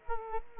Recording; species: mosquito wingbeat signal from an infrared sensor; Culex quinquefasciatus